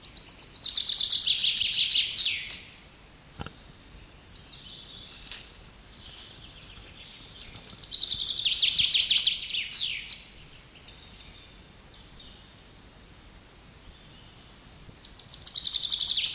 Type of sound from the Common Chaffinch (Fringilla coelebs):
song